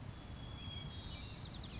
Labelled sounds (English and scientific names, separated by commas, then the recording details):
White-crowned Sparrow (Zonotrichia leucophrys)
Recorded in Sonoma County, California